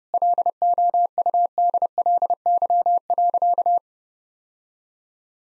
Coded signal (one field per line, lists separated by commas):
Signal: Morse code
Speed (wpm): 32 wpm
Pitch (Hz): 700 Hz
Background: none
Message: LOUDLY.